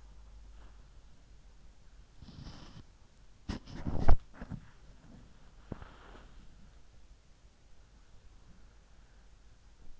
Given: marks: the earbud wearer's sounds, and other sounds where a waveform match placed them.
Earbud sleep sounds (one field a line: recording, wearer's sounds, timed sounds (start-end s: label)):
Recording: sounds in sleep by an in-ear microphone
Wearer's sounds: body movement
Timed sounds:
0.00-9.03 s: body movement